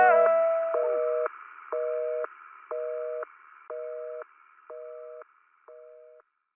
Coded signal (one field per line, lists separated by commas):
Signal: telephone call progress tone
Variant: North America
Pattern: busy tone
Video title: Catch Your Breath - Dial Tone